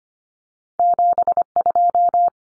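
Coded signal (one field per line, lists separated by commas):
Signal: Morse code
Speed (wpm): 25 wpm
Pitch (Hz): 700 Hz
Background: none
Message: 72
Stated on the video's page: Head-copy drill of common two-digit cut numbers at 25 wpm, with T, A and N standing for 0, 1 and 9; each is sent, spoken, then sent again.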